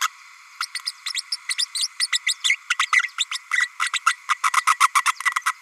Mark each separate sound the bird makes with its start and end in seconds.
0.01-0.07, 0.60-0.66, 0.74-0.79, 0.85-0.91, 1.14-1.24, 1.31-1.36, 1.49-1.55, 1.58-1.65, 1.74-1.88, 1.99-2.08, 2.12-2.19, 2.26-2.34, 2.44-2.56, 2.69-2.75, 2.79-2.86, 2.92-3.02, 3.17-3.25, 3.31-3.38, 3.51-3.68, 3.79-3.89, 3.93-4.00, 4.06-4.16, 4.28-4.34, 4.43-4.51, 4.53-4.61, 4.67-4.77, 4.80-4.88, 4.94-5.04, 5.05-5.12, 5.46-5.53